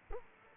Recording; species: mosquito wingbeat signal from an infrared sensor; Culex quinquefasciatus